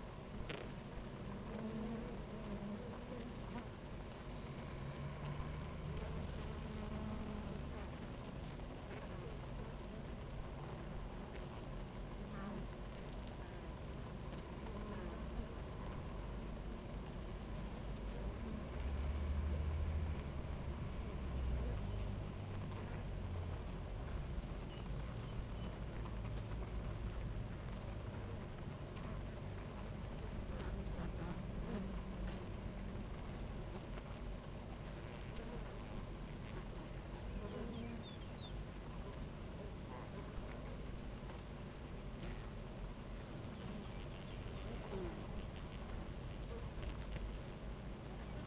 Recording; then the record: honeybee colony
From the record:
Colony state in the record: active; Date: 28 July 2017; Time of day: 11:50